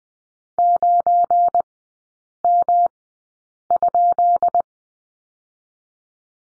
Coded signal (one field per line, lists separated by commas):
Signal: Morse code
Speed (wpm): 20 wpm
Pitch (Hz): 700 Hz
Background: none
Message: 9M?